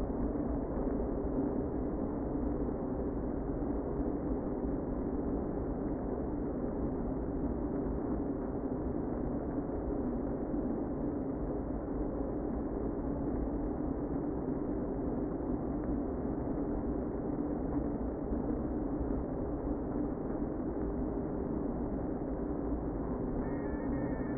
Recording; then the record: honeybee colony, microphone inside the hive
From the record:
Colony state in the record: queen present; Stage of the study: before two queens were removed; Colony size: about 60,000 bees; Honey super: yes